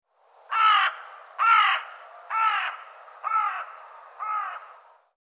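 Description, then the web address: Bird cawing: five hoarse, crow-like caws about one second apart, each slightly falling, the last ones a little softer. "cianscape birddata Deverinetal"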